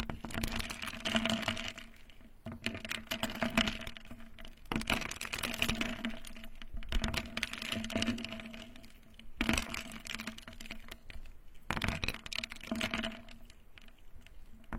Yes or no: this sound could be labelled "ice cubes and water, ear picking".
yes